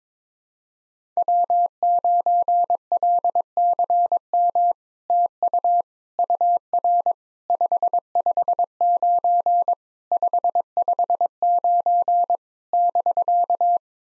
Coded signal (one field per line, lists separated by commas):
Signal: Morse code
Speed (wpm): 22 wpm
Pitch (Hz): 700 Hz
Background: none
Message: W9LCM TU UR 559 559 <BK>